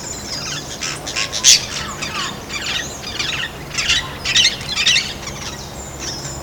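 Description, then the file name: Plain parakeet giving harsh, shrill squawking bursts in irregular clusters, loudest early on and again in the second half, over a steady low background hum. At a nest in Butantan, São Paulo, Brazil. "Brotogeris-tirica-ninho-IButantan SP-Brazil. ASilveira"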